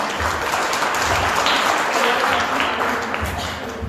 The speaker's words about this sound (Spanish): Ya, vénganse para acá, por favor. Un aplauso de voluntario, por favor.